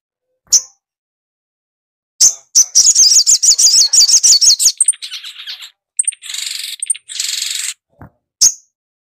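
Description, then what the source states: Little spiderhunter song: sharp high chips, then a fast, high, warbling trill for about two seconds, followed by buzzy hissing bursts and a final chip. Masteran training recording for songbirds; song style called Labaik.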